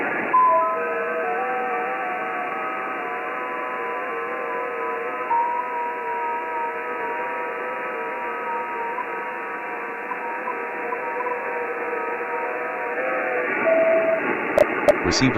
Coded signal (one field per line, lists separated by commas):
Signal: FT8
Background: speech